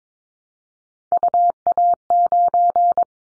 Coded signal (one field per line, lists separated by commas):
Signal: Morse code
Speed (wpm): 22 wpm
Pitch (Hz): 700 Hz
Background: none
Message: UA9